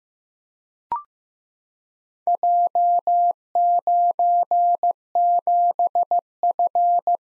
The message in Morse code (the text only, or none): J97F